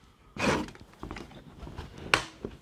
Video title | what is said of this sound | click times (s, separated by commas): How to use Ryobi Cordless Drain Auger 18V | okay hear that little click now what does it say clamp engaged | 2.1 s